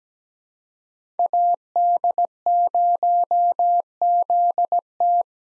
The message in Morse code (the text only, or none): AD0ZT